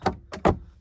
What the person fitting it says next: You can hear it pop off.